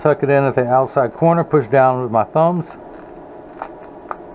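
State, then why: Seated. Someone talks while a plastic prescription left lens (Transitions XTRActive Gray) is tucked in at the outside corner of a metal Cazal Legends 644 eyeglass frame and pressed down with the thumbs into the rim groove. After the talking stops, a faint tick comes at 3.6 s, then a sharp snap at 4.1 s as the lens seats in the frame.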